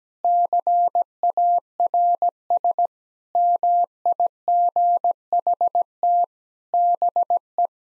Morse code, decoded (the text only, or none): CARS MIGHT BE